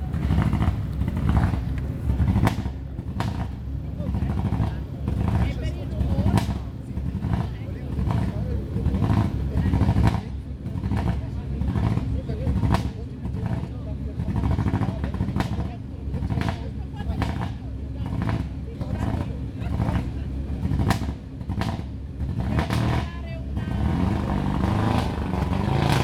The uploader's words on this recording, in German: Die Quelle der absurden Autos war la Piazza Piccola di Sassuolo. Hab' ich also dort die startenden Autos aufgenommen und gestaunt, wie unterschiedlich die doch klingen.